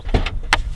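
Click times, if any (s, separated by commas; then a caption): 0.5 s. The boot-release button on the door of a Ferrari F12 TDF is pressed and held, and a few softer sounds come first. At 0.5 s the boot lid latch pops open with a sharp click, and the boot is released.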